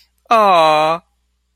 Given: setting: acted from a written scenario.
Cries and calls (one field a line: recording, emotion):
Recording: vocal sound without words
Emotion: adoration